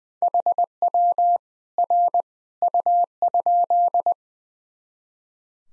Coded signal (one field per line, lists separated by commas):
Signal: Morse code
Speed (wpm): 21 wpm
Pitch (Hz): 700 Hz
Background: none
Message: HW R U?